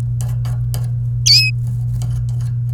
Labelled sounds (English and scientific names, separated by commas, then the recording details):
Domestic Canary (Serinus canaria) song
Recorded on 29 April 2018 at 05:43
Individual llb3